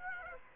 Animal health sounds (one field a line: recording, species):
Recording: mosquito wingbeat signal from an infrared sensor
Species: Aedes aegypti